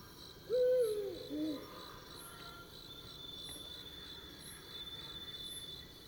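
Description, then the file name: Eurasian eagle-owl hooting: one loud, slightly falling hoot early on, then a lower, shorter hoot follows, over steady pulsing insect chirps throughout. Male and female hooting together as a duet. "Eurasian Eagle Owl Hooting Duet Of Male Female"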